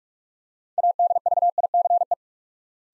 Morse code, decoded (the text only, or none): ADVICE